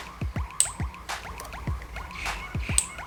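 Two wire terminals, a thick red one on the left and a thinner one on the right, are pushed through the circular pinholes in the back of a replacement plastic VCT solenoid plug. Each gives a sharp, bright click, at 0.6 s and 2.8 s. Repeated falling chirp-like tones and soft rustling fill the background, and both terminals are seated.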